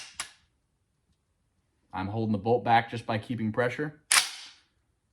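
An eight-round en-bloc clip of dummy rounds is pressed down into the magazine of an M1 Garand rifle until it reaches the bottom and latches, with the bolt held back by keeping pressure. A sharp click is heard at 0.2 s as the clip seats, followed by someone talking. Another loud, sharp transient comes at 4.1 s.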